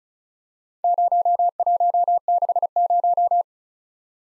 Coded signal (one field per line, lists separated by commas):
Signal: Morse code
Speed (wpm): 34 wpm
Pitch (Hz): 700 Hz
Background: none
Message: 0160